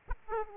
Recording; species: mosquito wingbeat signal from an infrared sensor; Aedes aegypti